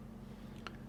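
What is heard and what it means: The carbon-fiber trimmed cup holder cover in a Mercedes-AMG center console is opened over a steady low hum. It gives a single short, crisp click at 0.7 s as it releases and opens to reveal the cup holders underneath.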